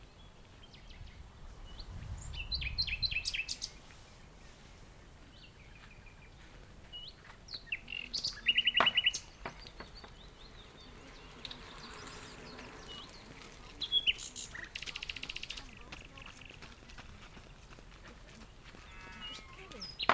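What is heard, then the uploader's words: A nightingale sings in bursts of rapid, bright notes, with a loud fast run near 3 seconds, a sharp trill around 8 to 9 seconds and more phrases near 14 and 19 seconds. Between them, other birds chirp over a low rumble, and a soft thud passes early. Nightingale and joggers in the dunes The Hague. Recorded during my lockdown morning walk. While recording this Nightingale I was passed by by people walking, running talking and cycling.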